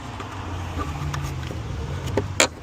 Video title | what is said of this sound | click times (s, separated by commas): Cayenne S Water Pump & Coolant Replacement - Water Pump & Coolant Replacement- Porsche Cayenne 4.5L | I heard a click. | 2.4 s